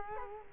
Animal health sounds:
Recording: mosquito wingbeat signal from an infrared sensor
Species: Culex quinquefasciatus

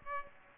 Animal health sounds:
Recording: mosquito wingbeat signal from an infrared sensor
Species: Aedes aegypti

